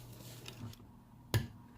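A white antenna cable connector is pressed down onto its socket on a Phantom 3 drone controller's circuit board during an ARGtec installation. After a couple of faint small ticks, it snaps home with a single sharp click at 1.3 s, seating firmly.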